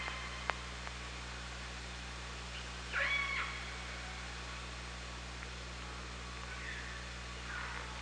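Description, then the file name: Orca call, one clear harmonic squeal with a rising then flat tone, followed by fainter calls later, over steady low hum and hiss. Recorded by OrcaLab hydrophone underwater on 24 August 2017 at 18:40:12. "Orca Lab UTLN JASON 20170824 184012"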